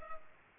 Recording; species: mosquito wingbeat signal from an infrared sensor; Culex pipiens